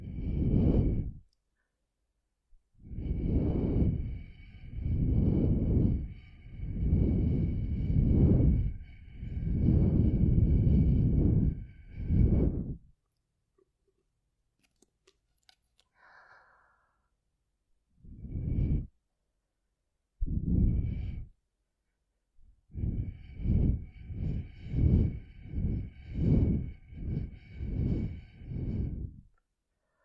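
Air is blown through a straw into an ear in breathy puffs with a faint whistling edge. Long blows run in a steady series for about twelve seconds, then a quiet pause with small rustles and a couple of single puffs, before a faster run of shorter blows.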